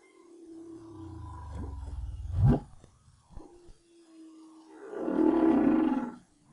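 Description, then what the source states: Humpback whale song with a drawn-out low groan, a quick rising whoop, and a rough, broad, wailing burst in the last seconds. Song recorded in 2011 as part of the BRAHSS project.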